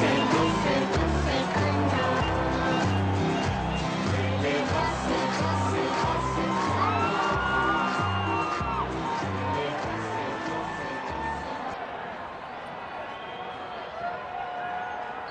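A dense crowd at the final of La Noche de las Luces 2013 shouts and cheers continuously, with pyrotechnics sounds and a steady, pounding low drumbeat thumping underneath and occasional higher whistles and whoops rising above the roar.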